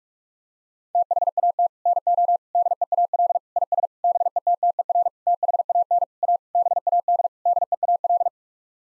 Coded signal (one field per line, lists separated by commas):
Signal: Morse code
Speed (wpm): 46 wpm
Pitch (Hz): 700 Hz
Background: none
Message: THAT NO DEAL IS BETTER THAN A BAD DEAL